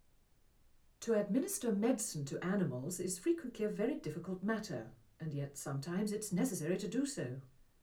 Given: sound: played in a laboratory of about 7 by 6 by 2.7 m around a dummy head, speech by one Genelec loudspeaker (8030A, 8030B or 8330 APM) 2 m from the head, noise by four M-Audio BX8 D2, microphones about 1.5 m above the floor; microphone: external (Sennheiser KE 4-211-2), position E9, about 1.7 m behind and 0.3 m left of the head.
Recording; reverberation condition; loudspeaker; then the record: female speech in English; low; 60 degrees to the right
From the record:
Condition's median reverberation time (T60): about 310 ms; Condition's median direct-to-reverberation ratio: about 3.5 dB